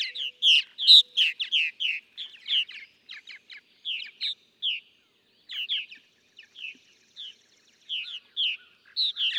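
Purple martin chattering song, quick gurgled chirps that start dense, break into spaced notes with pauses, then pick up again at the end.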